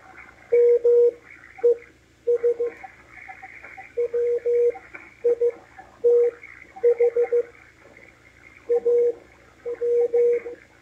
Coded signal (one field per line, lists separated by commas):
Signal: Morse code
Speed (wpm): 15 wpm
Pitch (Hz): 480 Hz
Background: radio noise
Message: MES WITH AM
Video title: W1AW cw decode - MALAHITEAM DSP-2 sdr receiver 6-28-2022